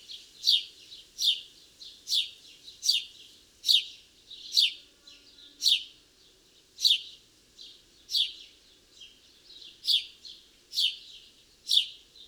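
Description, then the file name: House sparrow giving repeated sharp chirps in a steady run across the whole stretch, with faint softer notes trailing each chirp and a quiet background. "Passer domesticus"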